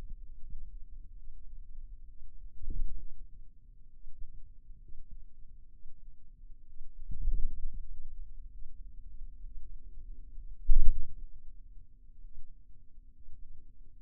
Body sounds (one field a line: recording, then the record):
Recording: forearm muscle sounds (acoustic myography)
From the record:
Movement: radial deviation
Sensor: system 2, bracelet of six BSWA MPA416 microphones around the upper forearm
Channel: 5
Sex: male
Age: 22 years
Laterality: right